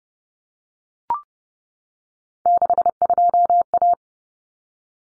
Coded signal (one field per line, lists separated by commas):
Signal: Morse code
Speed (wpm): 30 wpm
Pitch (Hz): 700 Hz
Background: none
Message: 62A